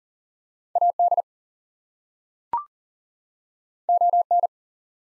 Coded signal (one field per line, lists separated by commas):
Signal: Morse code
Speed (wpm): 40 wpm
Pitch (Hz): 700 Hz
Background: none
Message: AD ON